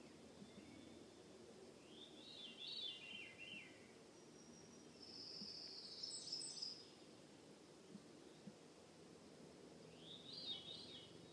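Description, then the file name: Veery song: two breezy, downward-spiralling phrases about eight seconds apart, with a brief high thin note from another bird between them. Recorded in Juneau, Alaska, on 15 June 2014. "Veery Alaska Juneau Laurie Lamm"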